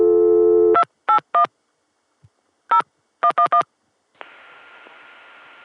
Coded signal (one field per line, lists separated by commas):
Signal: DTMF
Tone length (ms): 90 ms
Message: 281 0111